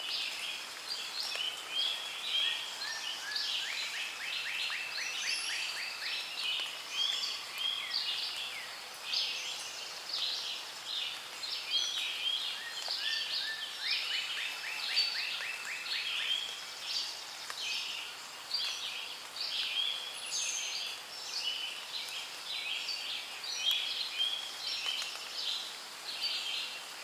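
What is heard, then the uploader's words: Rainforest sounds: dense, overlapping bird calls and chirps fill the whole stretch, with rapid trilling runs near 6 and 15 seconds over a soft hiss. Rainforest sounds.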